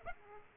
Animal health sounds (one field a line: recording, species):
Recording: mosquito wingbeat signal from an infrared sensor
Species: Aedes aegypti